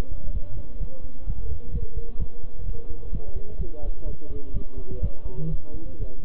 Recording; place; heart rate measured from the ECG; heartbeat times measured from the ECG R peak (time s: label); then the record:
heart sounds by stethoscope; between the tricuspid and mitral areas; 127 bpm
0.34 s: heartbeat
0.80 s: heartbeat
1.27 s: heartbeat
1.73 s: heartbeat
2.20 s: heartbeat
2.66 s: heartbeat
3.13 s: heartbeat
3.59 s: heartbeat
4.06 s: heartbeat
4.54 s: heartbeat
5.02 s: heartbeat
5.50 s: heartbeat
6.00 s: heartbeat
From the record:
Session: bicycle stress test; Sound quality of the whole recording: good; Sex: male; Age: 23 years